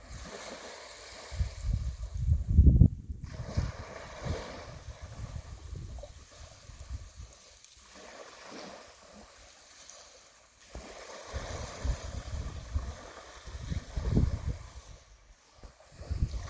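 Sea waves at a shore on Anglesey, with low thudding surges that swell and fade irregularly, strongest around three seconds and again near fourteen. Between them comes a thin hiss of washing water, dropping briefly to near quiet around ten seconds.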